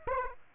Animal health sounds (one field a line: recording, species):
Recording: mosquito wingbeat signal from an infrared sensor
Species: Aedes aegypti